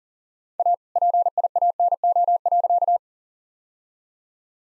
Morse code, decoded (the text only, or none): A PIANO.